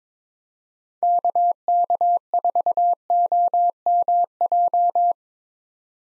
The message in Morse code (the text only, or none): KK4OMJ